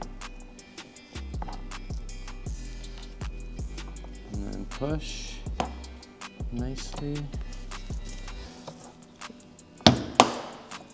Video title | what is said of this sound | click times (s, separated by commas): Miata Windows Stuck or Not Going Down Properly DIY Fix | and then it'll Jump by itself into place | 9.9 s, 10.2 s